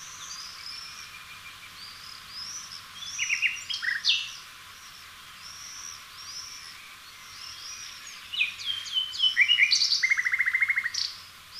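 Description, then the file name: Common nightingale singing varied phrases: short chirps and slurred notes early, then after a pause a loud sequence ending in a fast, even trill of repeated notes. Other birds whistle faintly. "Luscinia megarhynchos"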